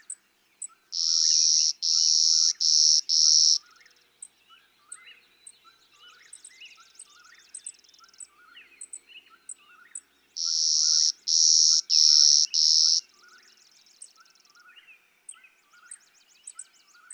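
Clay-colored sparrow giving two songs, each a run of four flat buzzes; a thin buzzy trill and scattered chirps from other birds between.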